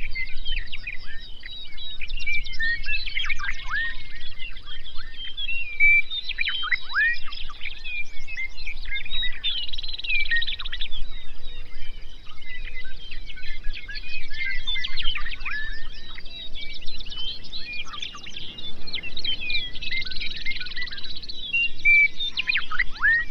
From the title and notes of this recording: Today we head to Grasslands National Park in Saskatchewan, just a few miles north of the Canada/US border.